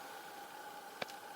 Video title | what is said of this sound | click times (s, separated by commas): Review Morakniv Garberg Full Tang Fixed Blade Knife with Carbon Steel Blade, 4.3-Inch, MOLLE Multi M | hear it it's a very quiet click | 1.0 s